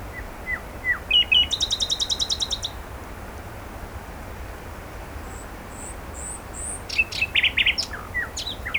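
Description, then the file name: Common nightingale song with a few short whistles leading into a rapid buzzy trill, then thin high whistles and a closing burst of trilled notes. "Luscinia megarhynchos"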